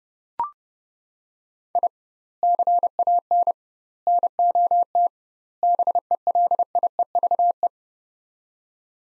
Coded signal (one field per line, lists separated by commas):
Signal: Morse code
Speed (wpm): 30 wpm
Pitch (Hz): 700 Hz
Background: none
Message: I CAN NOT BELIEVE